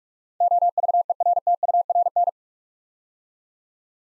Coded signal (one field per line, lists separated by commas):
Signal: Morse code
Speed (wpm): 44 wpm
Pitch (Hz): 700 Hz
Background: none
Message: OVERTURN